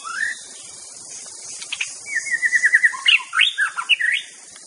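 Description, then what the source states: White-rumped shama: a rising whistle, then a rapid evenly pulsed trill followed by looping warbled notes, insects buzzing throughout. Wild bird singing in forest; natural, original song.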